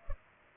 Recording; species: mosquito wingbeat signal from an infrared sensor; Culex pipiens